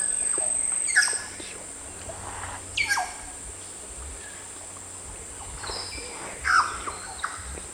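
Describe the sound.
Band-tailed Cacique calls: a few loud, sharp notes spaced a few seconds apart, over a steady high whine.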